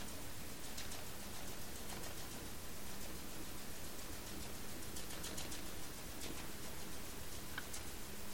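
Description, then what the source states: Sperm whale clicks, bursts of quick sharp ticks in irregular clusters over a heavy low rumble and faint hum. Clicks, recorded by hydrophone in the Strait of Georgia on 27 March 2018, around 19:22 UTC.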